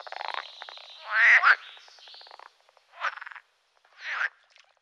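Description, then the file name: Pool frog croaking with buzzy, pulsed bursts, one long rasping call followed by two shorter separate croaks, with faint clicking pulses between them. "grenouille de lessona"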